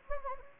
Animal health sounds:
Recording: mosquito wingbeat signal from an infrared sensor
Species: Anopheles gambiae

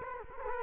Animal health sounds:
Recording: mosquito wingbeat signal from an infrared sensor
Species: Culex quinquefasciatus

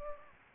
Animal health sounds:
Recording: mosquito wingbeat signal from an infrared sensor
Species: Aedes aegypti

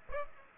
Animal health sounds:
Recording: mosquito wingbeat signal from an infrared sensor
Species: Aedes aegypti

